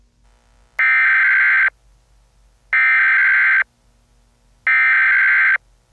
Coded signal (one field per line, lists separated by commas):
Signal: Emergency Alert System (SAME) tones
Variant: header bursts